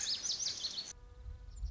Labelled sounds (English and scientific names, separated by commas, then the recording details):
Lazuli Bunting (Passerina amoena)
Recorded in Sonoma County, California